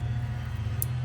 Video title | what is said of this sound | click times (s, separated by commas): Ford F-150 5.4 Triton 2004-2008 Spark Plugs Replacement How-To | You want to make sure you hear that click, then you know you're connected to your coil pack. | 0.8 s